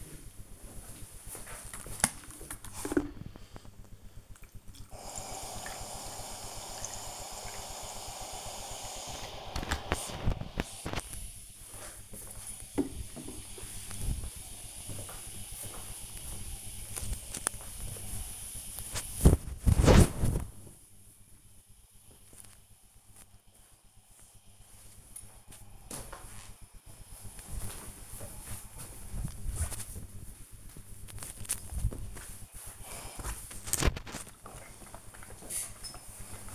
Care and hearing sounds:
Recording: household activities, microphone on the right wrist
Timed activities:
0.00-36.55 s: ironing laundry

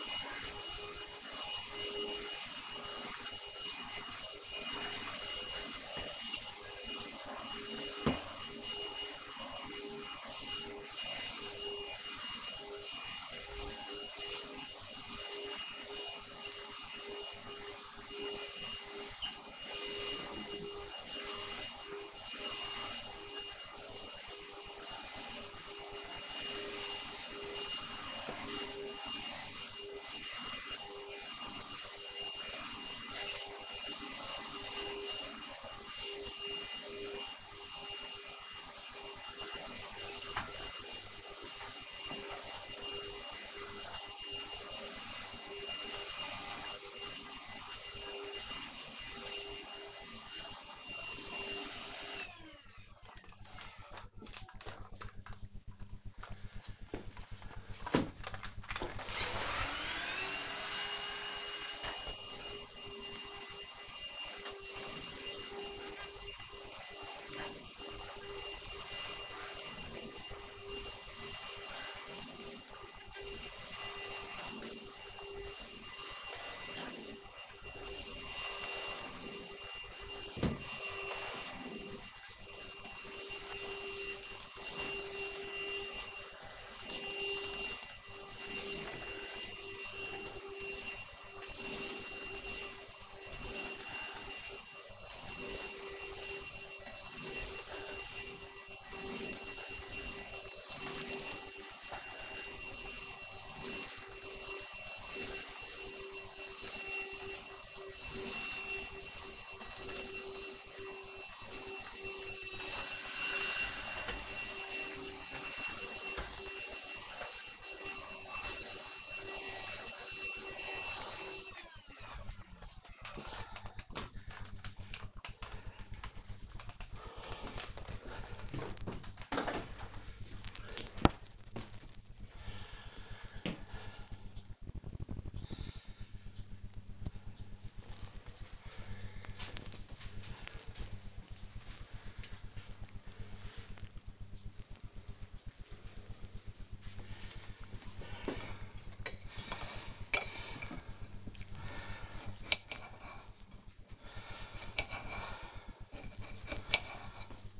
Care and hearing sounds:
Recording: household activities, microphone on the right wrist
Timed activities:
0.00-50.32 s: vacuum cleaning
58.39-121.85 s: vacuum cleaning
148.02-157.60 s: cutting vegetables

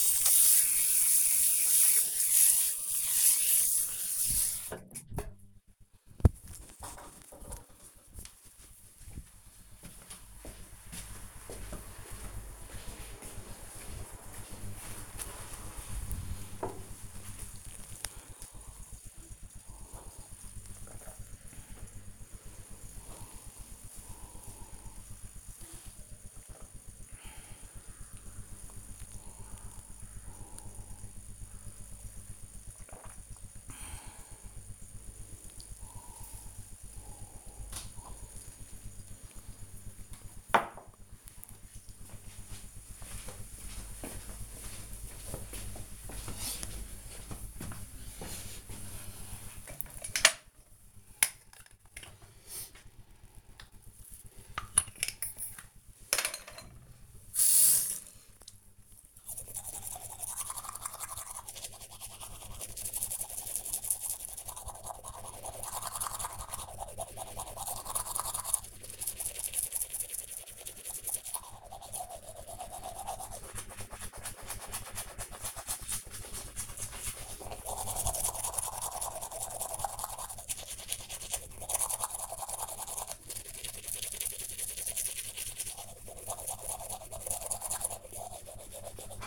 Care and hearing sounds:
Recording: household activities, microphone on the right wrist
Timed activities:
0.00-4.99 s: washing hands
16.07-39.25 s: drinking
49.33-89.27 s: brushing teeth

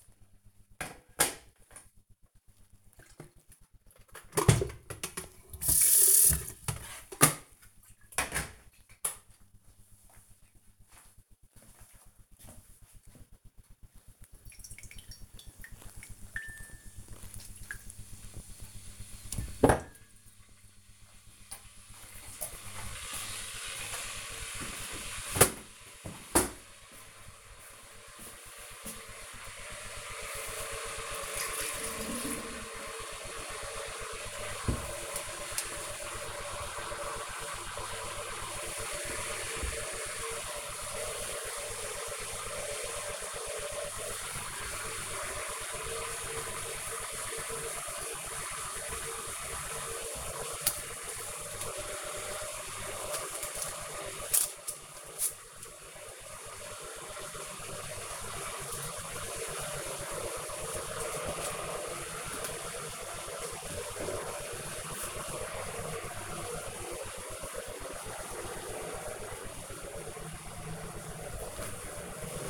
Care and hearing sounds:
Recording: household activities, microphone on the right wrist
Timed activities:
0.00-72.50 s: making tea

